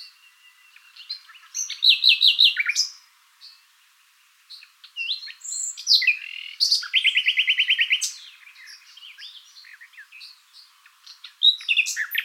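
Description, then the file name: Common nightingale singing varied phrases: fast machine-gun trills and sharp whistles, with pauses and quieter twittering between loud bursts. "Luscinia megarhynchos"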